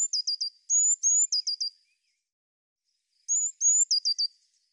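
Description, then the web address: Eurasian blue tit giving three high-pitched phrases, each with thin drawn-out whistles followed by a rapid run of short dropping notes, clean background. "cianscape birddata Deverinetal 2025 File cleaned normalized Bird Cy Ca"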